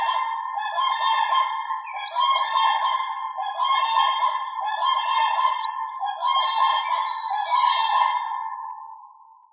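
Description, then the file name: Swan calling in a series of several loud nasal honks, with the last call fading out at the end. "Lebada"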